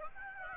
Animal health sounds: mosquito wingbeat signal from an infrared sensor; Aedes aegypti

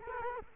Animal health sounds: mosquito wingbeat signal from an infrared sensor; Culex quinquefasciatus

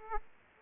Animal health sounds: mosquito wingbeat signal from an infrared sensor; Aedes aegypti

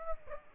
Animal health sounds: mosquito wingbeat signal from an infrared sensor; Aedes aegypti

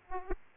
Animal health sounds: mosquito wingbeat signal from an infrared sensor; Aedes aegypti

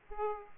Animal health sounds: mosquito wingbeat signal from an infrared sensor; Aedes aegypti

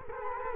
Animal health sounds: mosquito wingbeat signal from an infrared sensor; Culex quinquefasciatus

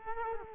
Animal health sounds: mosquito wingbeat signal from an infrared sensor; Culex quinquefasciatus

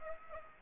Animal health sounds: mosquito wingbeat signal from an infrared sensor; Aedes aegypti

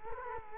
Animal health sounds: mosquito wingbeat signal from an infrared sensor; Culex quinquefasciatus

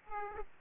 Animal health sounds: mosquito wingbeat signal from an infrared sensor; Aedes aegypti

